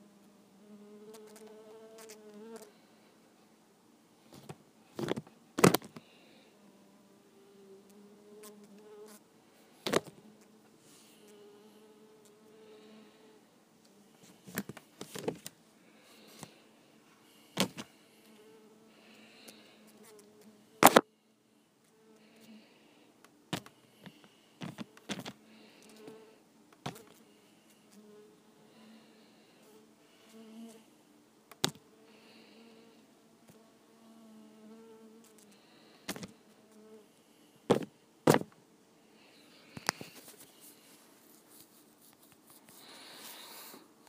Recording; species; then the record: mosquito flight sound by mobile phone; Culiseta incidens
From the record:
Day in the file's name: 1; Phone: iPhone 5